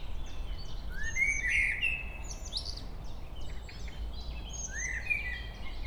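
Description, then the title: Common blackbird song: rising fluty phrases with high squeaky additions, heard twice over continuous low rumbling noise. Local blackbird singing at Chemin des cris, Chindrieux, France. "Chemin des cris, Chindrieux, France - Merle"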